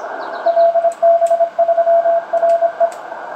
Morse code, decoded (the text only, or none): LB3RE